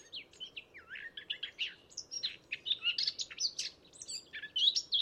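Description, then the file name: Eurasian blackcap giving a continuous, varied warble of sliding whistles and scratchy notes, over steady background noise. "Sylvia atricapilla"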